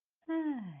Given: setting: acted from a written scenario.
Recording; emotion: vocal sound without words; romantic love